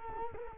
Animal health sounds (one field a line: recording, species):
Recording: mosquito wingbeat signal from an infrared sensor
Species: Culex quinquefasciatus